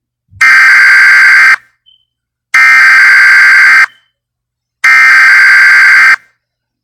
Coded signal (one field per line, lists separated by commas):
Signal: Emergency Alert System (SAME) tones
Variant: header bursts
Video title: EAS Mini Scenario Crazy Hand